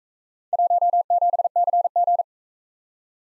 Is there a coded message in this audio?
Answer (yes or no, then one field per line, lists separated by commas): yes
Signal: Morse code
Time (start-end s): 0.5-2.2 s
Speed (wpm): 40 wpm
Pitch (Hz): 700 Hz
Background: none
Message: 17CG